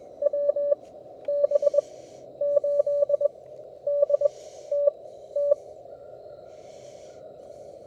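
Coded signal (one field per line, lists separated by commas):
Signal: Morse code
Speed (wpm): 18 wpm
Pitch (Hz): 580 Hz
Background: none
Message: WB8D TT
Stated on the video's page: CW copy practice from a portable field station using a Xiegu G90 with an EFHW antenna.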